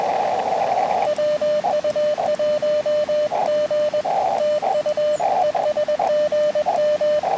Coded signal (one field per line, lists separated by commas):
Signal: Morse code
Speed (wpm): 21 wpm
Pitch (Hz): 600 Hz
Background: radio noise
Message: WU1G TU ES GM